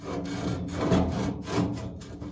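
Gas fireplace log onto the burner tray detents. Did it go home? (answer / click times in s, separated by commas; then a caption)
no / none. A ceramic fireplace log is slid and shifted around on the burner tray of a gas fireplace as it is lined up on the tray's two small detents, before being pushed home. Continuous, wood-like scraping and rubbing is heard for about 2.4 seconds, with no sharp impacts. Nothing has clicked or seated yet.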